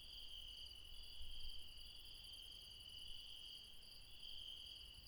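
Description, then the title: Insects in a steady night chorus, a continuous high trilling band with a fainter higher layer, pulsing slightly, over low rumbling background noise. Insects late at night in the mountains at Refuge Krevatia, Barbala, near Dion, Greece. "Refuge Krevatia, Μπαρμπαλά, Dion 601 00, Greece - Late night mountain insects"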